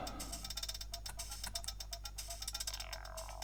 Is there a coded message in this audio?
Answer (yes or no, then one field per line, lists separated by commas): no